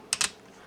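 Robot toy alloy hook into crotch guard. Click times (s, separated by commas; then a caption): 0.1 s. On a Transformers FM02 Optimus Prime robot toy, the crotch guard is swung over and its die-cast alloy hook is hooked in, giving one sharp, strong click at 0.1 s and a softer clack right after at about 0.2 s. The alloy hook catches and the crotch guard is seated.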